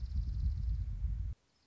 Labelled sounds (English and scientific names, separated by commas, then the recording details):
Dark-eyed Junco (Junco hyemalis)
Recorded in Sonoma County, California